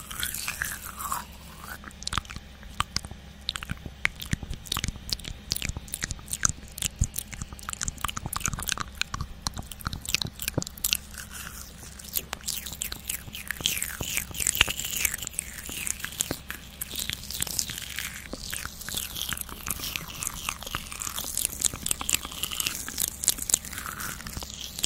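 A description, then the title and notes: Mouth sounds with a spoolie brush and nibbling: rapid wet clicks, crunchy bites and chewing bursts come densely and irregularly throughout. Bright, crisp smacks stand out over a low, steady hum. Roblox asmr ~ spoolie mouth sounds + nibbling!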